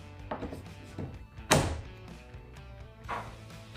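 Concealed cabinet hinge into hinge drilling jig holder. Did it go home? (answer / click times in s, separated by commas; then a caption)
yes / 1.5 s. A metal Blum concealed cabinet hinge is pushed into the holder of a hinge-drilling jig. After a light knock at 0.3 s, it snaps sharply into place at 1.5 s, over steady background music. The hinge ends up seated in the jig.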